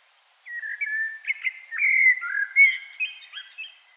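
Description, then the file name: Common blackbird song: a string of clear fluted whistles sliding up and down, closing with a quick, high, squeaky flourish. "Turdus merula"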